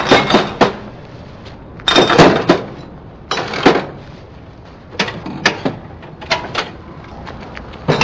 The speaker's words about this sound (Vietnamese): Người đưa sữa mặc áo đồng phục của công ty quay người bước nhanh xuống cầu thang, nhưng đã muộn, cửa đã bật mở.